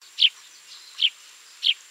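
Eurasian Tree Sparrow giving three short, chirpy notes spaced under a second apart, with a faint steady high tone in the background.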